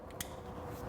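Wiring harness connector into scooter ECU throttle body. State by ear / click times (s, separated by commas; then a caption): seated / 0.2 s. A wiring harness connector is pushed onto the ECU throttle body of a Vespa GTS scooter during reinstallation. A single sharp, short click rings out at 0.2 s over a steady low background hum. The connector clicks in, fully seated.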